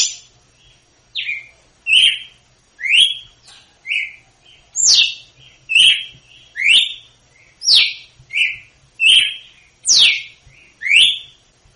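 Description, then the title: Red-cowled cardinal song: loud, clear whistled phrases with sharp descending slurs, delivered about once per second in a steady series with brief gaps. Female; açoite song type, used to teach young birds; Northeast Brazil singing style. "Canto Galo Campina Fêmea. GALO DE CAMPINA/ AÇOITE PARA ENSINAR FILHOTE (CANTO DO NORDESTE)"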